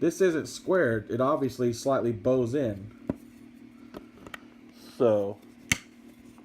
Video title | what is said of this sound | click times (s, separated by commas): Journey into Forgeworl: part 7: kx 139 these hips dont lie | now it snaps in place. | 5.7 s